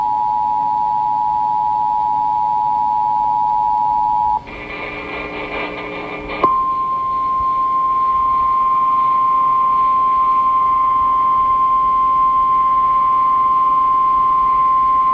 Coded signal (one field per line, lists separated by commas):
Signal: Emergency Alert System (SAME) tones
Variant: 853 and 960 Hz attention tone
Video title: A SHORT SLIGHT... EAS Alerts from 12/15/22 (EAS 1546-1551)